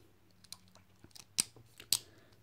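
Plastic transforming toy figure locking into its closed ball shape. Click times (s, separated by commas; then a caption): 1.4 s, 1.9 s. A plastic Bakugan transforming toy figure from the Armoured Alliance Starter Pack has its wings and legs folded up together until it locks into its closed ball shape. Soft handling taps lead to sharp plastic snaps at 1.4 s and 1.9 s as it locks shut.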